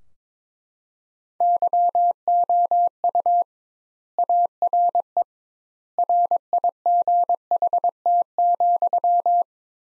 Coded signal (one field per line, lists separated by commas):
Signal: Morse code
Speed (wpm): 22 wpm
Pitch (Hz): 700 Hz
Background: none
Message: YOU ARE RIGHT,